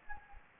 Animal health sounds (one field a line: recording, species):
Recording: mosquito wingbeat signal from an infrared sensor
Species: Anopheles gambiae